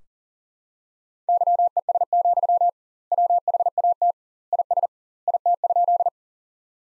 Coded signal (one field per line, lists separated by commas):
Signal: Morse code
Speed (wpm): 37 wpm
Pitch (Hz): 700 Hz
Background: none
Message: YES, WHAT IS IT?